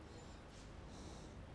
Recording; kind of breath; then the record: one breath in and out by a microphone near the nose and mouth; normal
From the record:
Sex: male